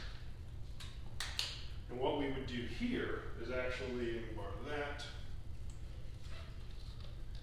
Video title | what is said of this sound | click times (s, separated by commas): Episode 12: Washing Your Bike | locked into place. | 1.2 s, 1.4 s